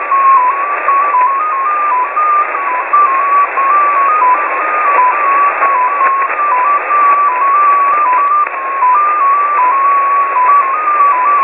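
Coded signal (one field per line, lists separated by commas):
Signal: numbers station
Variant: XPA2 polytone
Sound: continuous tone hopping between a few nearby pitches several times a second, over hiss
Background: radio static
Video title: Russian XPA2 polytone number station at 14538 kHz (long message)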